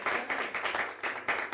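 Applause from a crowd welcoming a family, a dense, steady patter of many hands clapping at once, with a few louder swells rising out of the wash of claps. No one speaks over it.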